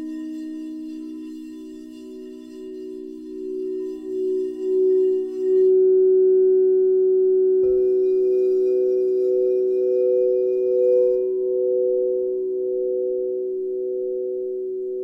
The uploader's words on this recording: This is a simple recording I made playing my singing bowls, looped to create 90 minutes of sound for you.